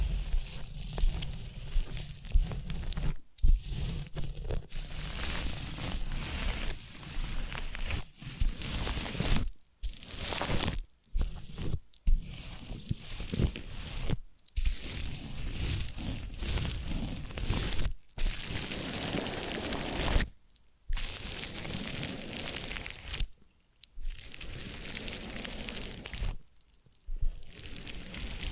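Massage and ear-cleaning sounds: dense, scratchy rubbing and crinkling that fills the whole range from low rumble to bright hiss. The texture runs steadily but cuts out abruptly in brief silences about every two to five seconds before resuming.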